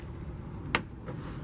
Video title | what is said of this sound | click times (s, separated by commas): Door Hinge - Hinge - Car Door Hinge - KHODROiD.COM #DoorHinge #Door #Hinge | remove this clip i'm just going to rotate this until it clicks and | 0.8 s